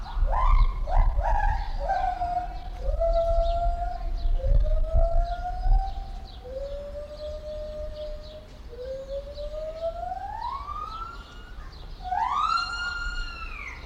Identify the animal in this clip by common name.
Lar Gibbon